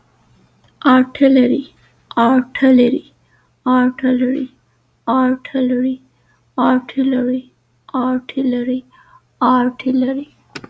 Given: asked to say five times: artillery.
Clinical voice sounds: repeated word; female; 30 to 39 years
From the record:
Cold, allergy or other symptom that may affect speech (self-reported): no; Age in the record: 32 years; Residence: Texas, United States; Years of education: 18

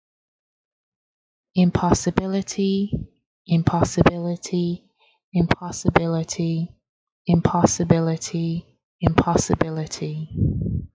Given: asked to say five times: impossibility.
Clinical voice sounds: repeated word; female; 30 to 39 years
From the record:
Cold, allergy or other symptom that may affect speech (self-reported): no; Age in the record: 37 years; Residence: New York, United States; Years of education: 16

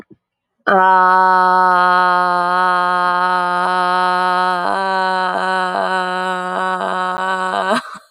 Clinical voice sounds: vowel held as long as possible; female; 20 to 29 years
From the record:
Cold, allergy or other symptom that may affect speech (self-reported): no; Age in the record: 22 years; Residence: Maryland, United States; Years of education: 16

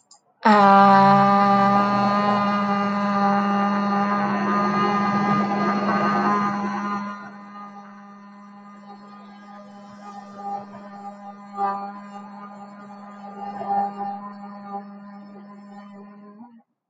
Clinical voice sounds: vowel held as long as possible; female; 20 to 29 years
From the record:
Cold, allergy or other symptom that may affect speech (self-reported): no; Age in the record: 28 years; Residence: California, United States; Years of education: 16

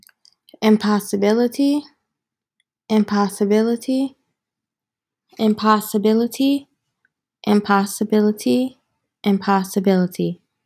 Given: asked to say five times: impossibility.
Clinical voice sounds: repeated word; female; 30 to 39 years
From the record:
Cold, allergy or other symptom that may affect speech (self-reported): no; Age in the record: 31 years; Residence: New York, United States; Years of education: 18

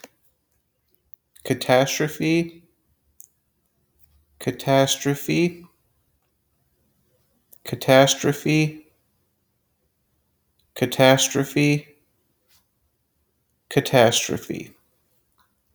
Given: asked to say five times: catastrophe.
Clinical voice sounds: repeated word; male; 30 to 39 years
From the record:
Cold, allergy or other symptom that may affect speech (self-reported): no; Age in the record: 31 years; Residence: Arkansas, United States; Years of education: 16

